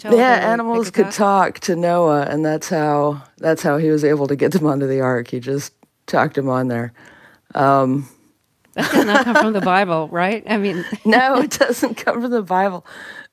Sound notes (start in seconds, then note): 7.1 laughter; 10.7 laughter